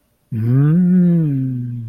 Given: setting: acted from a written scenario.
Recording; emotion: vocal sound without words; desire